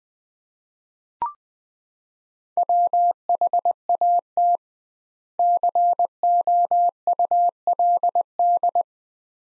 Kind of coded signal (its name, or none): Morse code